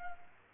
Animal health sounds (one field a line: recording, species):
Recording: mosquito wingbeat signal from an infrared sensor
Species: Culex quinquefasciatus